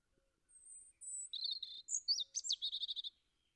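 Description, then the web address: European robin song: thin, high sustained whistles open the phrase, followed by a rapid, sparkling trill of repeated notes. "Deverinetal 2025"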